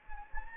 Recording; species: mosquito wingbeat signal from an infrared sensor; Anopheles gambiae